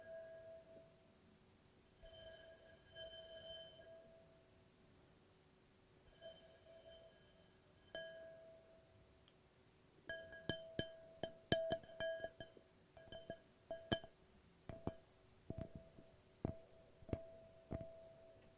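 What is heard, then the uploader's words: Glass is tapped and left ringing, each strike giving a clear, bright tone that hangs and fades. Two longer shimmering rings come early, around two and six seconds, then from ten seconds on quicker taps arrive in irregular clusters over a steady low hum. ASMR No Talking Glass Tapping and Ringing Sounds.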